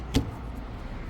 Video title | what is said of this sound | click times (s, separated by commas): Removal and Installation on Rear Windshield Wiper for 2021 Toyota Venza | area right there just pop this off | 0.1 s